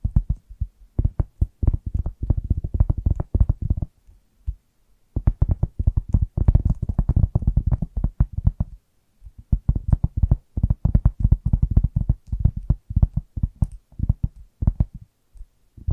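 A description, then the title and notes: Fast, dense tapping runs in quick bursts of soft, low, thudding knocks with a little brighter click on top. The taps come in rapid clusters broken by short pauses near the four-second mark and again around nine seconds. ASMR Irresistible Tapping. No Talking.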